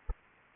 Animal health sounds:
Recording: mosquito wingbeat signal from an infrared sensor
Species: Anopheles arabiensis

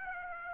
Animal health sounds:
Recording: mosquito wingbeat signal from an infrared sensor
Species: Aedes aegypti

